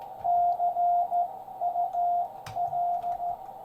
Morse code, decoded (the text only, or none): CUL